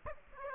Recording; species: mosquito wingbeat signal from an infrared sensor; Aedes aegypti